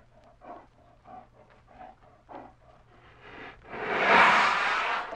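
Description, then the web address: Bear making a series of soft, rhythmic grunts, then a loud, harsh roar near the end. "медведь"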